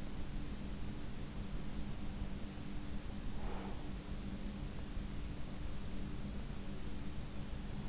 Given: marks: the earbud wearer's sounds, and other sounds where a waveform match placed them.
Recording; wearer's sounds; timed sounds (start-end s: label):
sounds in sleep by an in-ear microphone; breath
3.10-4.07 s: breath